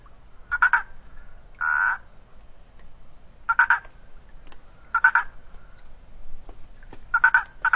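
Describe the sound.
Boana prasina treefrog giving a series of short, pulsed croaks at irregular intervals of roughly one to two seconds, one note longer and smoother than the rest.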